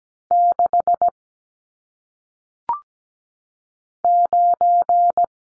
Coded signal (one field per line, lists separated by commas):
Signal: Morse code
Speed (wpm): 17 wpm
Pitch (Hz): 700 Hz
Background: none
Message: 6 9